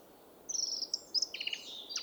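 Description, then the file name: Eurasian blackcap giving a brief, high, thin warble of quick slurred notes over a steady background hiss. "Sylvia atricapilla"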